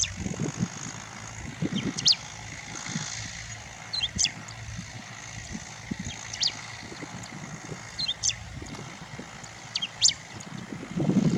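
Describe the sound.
Bristled grassbird uttering sharp high call notes spaced about two seconds apart, partly paired, against a continuous low rumble.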